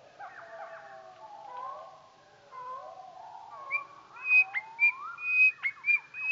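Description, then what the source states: Goldcrest song, slowed: soft, low wavering whistles and glides, then sharper high notes that repeat in the second half. Song slowed down.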